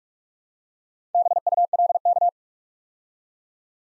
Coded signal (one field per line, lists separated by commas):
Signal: Morse code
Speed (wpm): 44 wpm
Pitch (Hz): 700 Hz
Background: none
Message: BULK